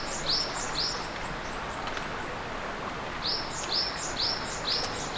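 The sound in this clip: Bird chirping: short, high, down-slurred notes in quick bursts, two at first, then several in a row after a pause, over steady background noise.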